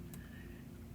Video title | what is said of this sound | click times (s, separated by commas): Medeco Original Picked | nice click all right I got a little bit of core movement that one | 0.1 s